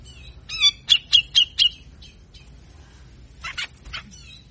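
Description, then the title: Grey-cheeked bulbul uttering five loud rasping notes in quick succession, followed by quieter scratchy calls and a short harsh burst later. Masteran (training) recording for songbirds, long-duration; persistent singing in the harsh besetan kasar style, said to be effective in luring reluctant, quiet cucak jenggot into singing. "MASTERAN CUCAK JENGGOT GACOR FULL BESETAN KASAR DURASI PANJANG !!!. Cucak Jenggot Gacor Ngotot Ampuh Pikat Suara Cucak Jenggot Malas Bunyi"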